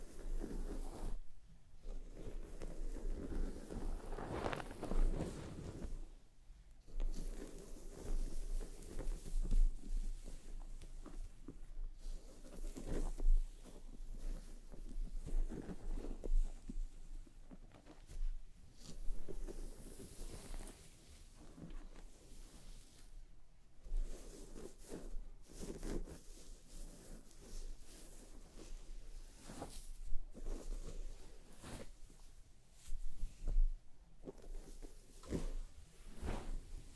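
Fingers massaging a scalp and a brush through hair make a dense, continuous scratchy rustle with frequent soft swishing strokes and occasional brighter bursts.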